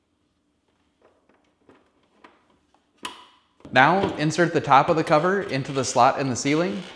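A freezer evaporator fan motor wire harness plug (Samsung part DA31-00146H) is reconnected to the wiring connector inside a Samsung refrigerator. A few faint taps lead up to a sharp click at 3.0 seconds as the plug seats. Then someone talks.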